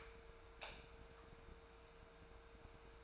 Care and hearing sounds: daily activity, microphone in the room; light off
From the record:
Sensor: 2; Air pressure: 1014.6 hPa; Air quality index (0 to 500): 185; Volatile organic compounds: 14 ppm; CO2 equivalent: 2454 ppm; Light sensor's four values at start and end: 34/88/37/40 and 29/71/31/34

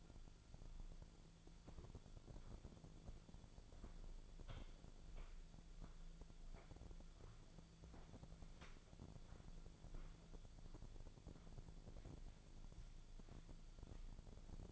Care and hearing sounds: daily activity, microphone in the room; walk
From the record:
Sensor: 5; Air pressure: 1008.4 hPa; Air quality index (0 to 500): 154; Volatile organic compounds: 3 ppm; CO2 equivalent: 1480 ppm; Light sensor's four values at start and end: 66/182/71/73 and 66/181/71/72

